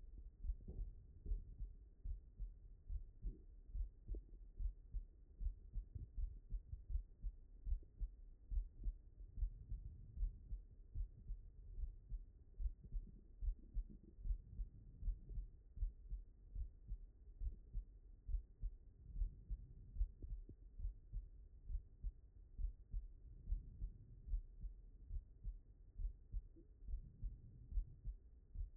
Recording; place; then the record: heart sounds by stethoscope; mitral valve (MV)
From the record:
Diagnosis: non-HFrEF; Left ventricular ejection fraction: 60%